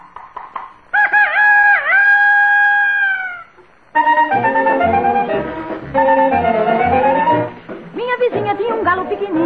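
A voice imitates a bantam rooster's crow: a sustained, high, wavering call with a dip in pitch, followed by a group of voices singing together in a busy, rhythmic passage.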